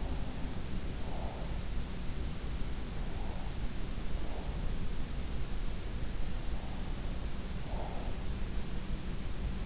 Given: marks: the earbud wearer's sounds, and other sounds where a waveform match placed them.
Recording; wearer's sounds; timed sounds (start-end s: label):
sounds in sleep by an in-ear microphone; breath
0.00-1.65 s: breath
2.95-4.60 s: breath
6.54-8.06 s: breath